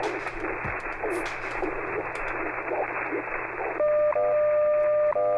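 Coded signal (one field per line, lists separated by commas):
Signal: radio time signal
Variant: WWV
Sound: radio hiss, then a steady 600 Hz tone, briefly interrupted about once per second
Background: radio static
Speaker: we're gonna go to WWE so ten thousand or ten megahertz very pronounced audio everybody should be familiar with WWV it transmits 24 hours a day and it's pretty unmistakable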